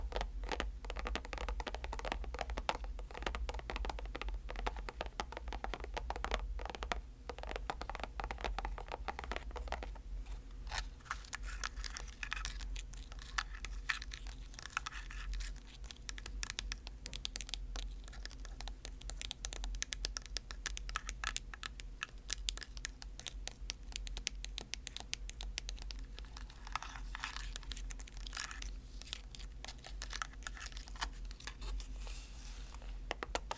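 Dense, rapid tapping and scratching clicks run throughout, with a steady low hum beneath and busier, brighter bursts after the first ten seconds.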